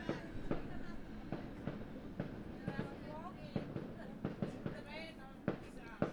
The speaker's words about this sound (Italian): No, questi sono fuochi d'artificio.